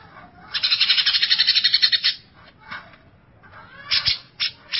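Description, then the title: Greater Green Leafbird calling: a fast, harsh chattering run lasting over a second, then a pause and a few separate rasping notes. "Cucak ijo"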